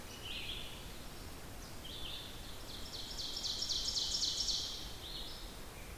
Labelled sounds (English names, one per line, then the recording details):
Ovenbird song
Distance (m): 45 m
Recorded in boreal forest in Alberta, Canada, on 14 June 2016 at 06:01
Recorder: SongMeter 3, array SBT-3-33
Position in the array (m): 110 m, 18 m
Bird 21